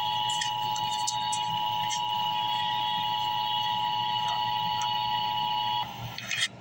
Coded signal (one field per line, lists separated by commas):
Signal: Emergency Alert System (SAME) tones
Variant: 853 and 960 Hz attention tone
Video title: Emergency Alert System - Wind Advisory - Feb 27, 2024 at 9:48 PM EST